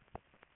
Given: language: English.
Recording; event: throat vibration sensor signal played as sound; swallow